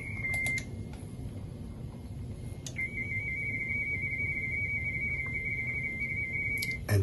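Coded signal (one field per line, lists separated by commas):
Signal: RTTY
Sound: warbling two-tone chatter, a brief burst then a long steady keyed transmission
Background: room hum, low noise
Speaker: he's saying k2pmd k2pmd 599 I'm going to say his call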